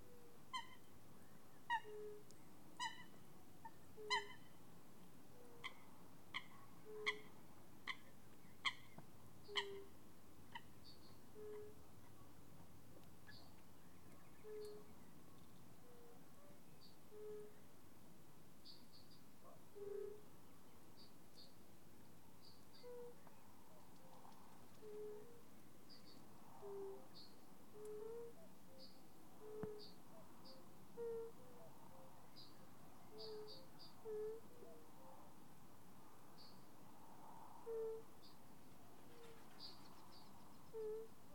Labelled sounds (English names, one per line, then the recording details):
Fire-Bellied Toad call
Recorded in the wild
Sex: male
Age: adult
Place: Bernau bei Berlin, Barnim, Brandenburg, DE
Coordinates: 52.6638, 13.618
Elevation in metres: 82
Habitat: pond
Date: 2019-04-30 20:17
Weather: 15°C, clear, almost windless, water 17°C
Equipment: Zoom H4nSP
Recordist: Frommolt, Karl-Heinz